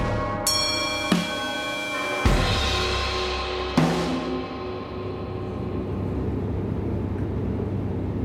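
Interior of a moving train: a steady low rumble with a droning, whining hum, broken by four sharp clacks in the first few seconds before the noise settles into an even roar. No voices.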